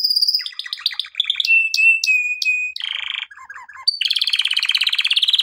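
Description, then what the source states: Canary song: rapid chattering notes, a long clear whistled tone, a brief dip with soft chirps, then a fast pulsing high trill. Canary song meant for training canaries.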